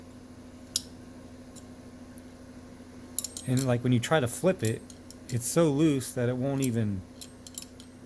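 A loose-pivoted Buck folding knife blade is flipped open toward its handle lock, but it doesn't swing far enough to engage. Light pivot and handling ticks are heard around 0.8, 3.2 and 7.2–7.8 seconds while someone talks. The blade has not locked into place and no lock-up click has sounded yet.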